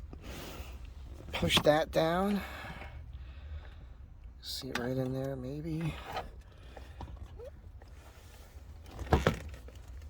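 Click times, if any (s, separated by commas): none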